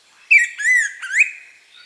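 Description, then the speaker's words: Slate-colored Grosbeak song, a short phrase of clear, slurred whistled notes rising and falling, rich and sweet, lasting about a second. Dark gray forest bird of Central and South America. "the slate-colored grosbeak, a dark gray forest bird of Central and South America."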